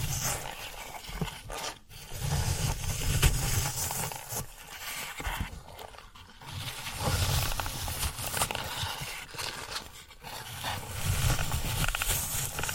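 Floral foam being worked gives a dense, gritty crunching and scraping that swells in uneven waves, with brief quiet gaps near two, six and ten seconds.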